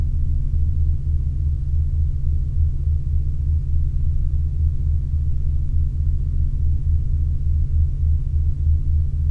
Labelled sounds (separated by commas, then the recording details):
machinery, flare stack
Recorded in Ivvavik National Park, Yukon, on 27 August 2019 at 08:10
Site SINP01